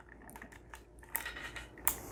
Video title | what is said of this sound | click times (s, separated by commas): Building a WiFi Bridge with a Ubiquiti airFiber 60 LR Antenna - 3km Tested! | snaps right in | 1.9 s